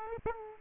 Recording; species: mosquito wingbeat signal from an infrared sensor; Aedes aegypti